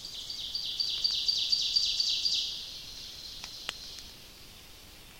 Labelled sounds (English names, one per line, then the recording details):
Ovenbird song
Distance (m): 50 m
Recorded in boreal forest in Alberta, Canada, on 29 May 2016 at 06:08
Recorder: SongMeter 3, array SBT-3-49
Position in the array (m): 122 m, 133 m
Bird 15